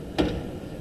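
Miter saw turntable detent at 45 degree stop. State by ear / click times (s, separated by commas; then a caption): seated / 0.2 s. A miter saw's turntable is swung to the 45 degree miter setting, and a single sharp click sounds at 0.2 s as the detent locks at the 45 degree stop. The detent is confirmed seated in the 45 degree position.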